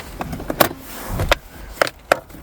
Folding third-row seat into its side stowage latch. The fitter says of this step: and locks into place and